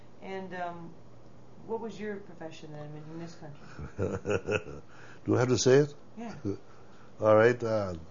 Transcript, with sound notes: And, um, what was your profession then in this country?
(he laughs) Do I have to say it?
Yeah.
All right, ah,